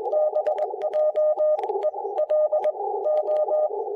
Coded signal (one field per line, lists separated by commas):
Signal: Morse code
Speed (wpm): 21 wpm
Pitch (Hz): 610 Hz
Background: none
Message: BJELO